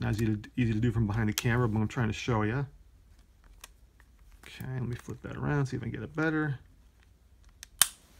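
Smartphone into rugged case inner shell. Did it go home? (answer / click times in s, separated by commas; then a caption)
yes / 7.8 s. A Samsung Galaxy Note 9 has its first edge slipped under the plastic bar of an Otterbox Defender rugged case's inner shell and pressed in while someone talks. Faint small ticks and scrapes follow, then a sharp click at 7.8 s as the phone seats in the inner shell.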